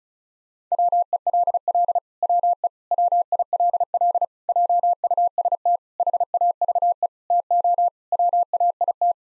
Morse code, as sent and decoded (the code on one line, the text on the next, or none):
.-- . .-.. .-.. / .-- . / .-- .. .-.. .-.. / .--- ..- ... - / .... .- ...- . / - --- / .-- .- .. -
WELL WE WILL JUST HAVE TO WAIT